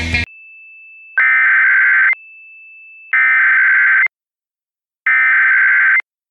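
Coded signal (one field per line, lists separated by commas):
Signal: Emergency Alert System (SAME) tones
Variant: header bursts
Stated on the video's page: Fictional EAS tones in an audio drama scenario.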